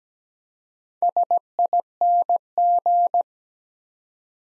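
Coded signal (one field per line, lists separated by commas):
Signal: Morse code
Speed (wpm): 17 wpm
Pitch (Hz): 700 Hz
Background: none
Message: SING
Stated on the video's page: Morse practice set at 17 wpm, letters sent one at a time building four-letter words, for beginners working on instant character recognition.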